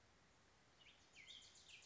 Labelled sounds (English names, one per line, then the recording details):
Wilson's Warbler
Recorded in Sonoma County, California